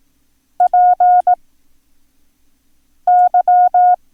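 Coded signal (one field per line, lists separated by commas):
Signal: Morse code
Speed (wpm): 18 wpm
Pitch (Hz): 720 Hz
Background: none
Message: PY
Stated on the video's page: Morse code lesson teaching the letters Q, Y, P and X.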